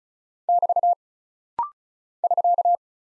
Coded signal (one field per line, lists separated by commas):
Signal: Morse code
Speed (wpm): 36 wpm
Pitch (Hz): 700 Hz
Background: none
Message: <BT> <SK>